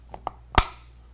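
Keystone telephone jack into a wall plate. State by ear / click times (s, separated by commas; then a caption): seated / 0.3 s, 0.6 s. A plastic RJ11 keystone telephone jack is pressed into a wall plate opening, which it only fits one way. A faint tick at 0.1 s is followed by a sharp click at 0.3 s and a louder, fuller snap at 0.6 s that rings briefly. The jack is seated in the wall plate.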